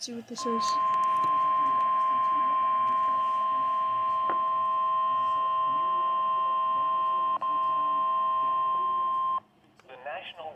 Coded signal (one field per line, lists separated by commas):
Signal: Emergency Alert System (SAME) tones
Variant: 1050 Hz attention tone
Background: speech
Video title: STARLESS - EAS Alerts from 4/2/24 #21-37